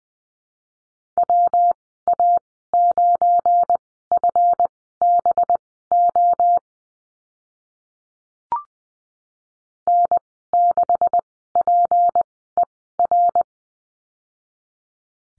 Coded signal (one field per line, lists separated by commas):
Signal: Morse code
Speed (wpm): 20 wpm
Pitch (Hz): 700 Hz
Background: none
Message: WA9FBO N6PER